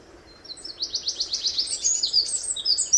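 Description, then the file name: Eurasian wren song, a bright fast trill of repeated high notes, building into sharp whistled flourishes near the end. "Troglodytes troglodytes"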